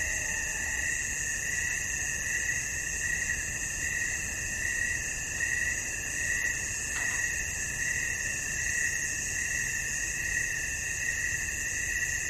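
Crickets: a high continuous trill with a lower pulsing band, and one brief click near the middle.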